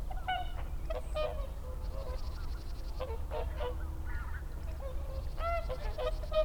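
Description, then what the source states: Whooper swans calling in a group, overlapping short nasal honks throughout with a low steady rumble behind. Recorded 30 December 2009.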